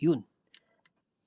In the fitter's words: Nag-lock na mismo.